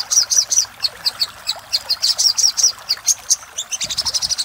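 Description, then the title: Little spiderhunter giving sharp, high-pitched notes at uneven spacing, quickening into a tight rapid run at the end. Master recording of little spiderhunter ('sogok ontong'), labelled Labaik, used for training cage birds. "Masteran Burung Sogok Ontong Labaik"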